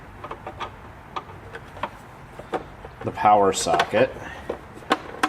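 A plastic insert that fits over the power socket is handled against the rear case half of a Husky 145 sewing machine, with a series of light plastic taps and knocks while someone talks. Nothing has seated or clicked into place yet.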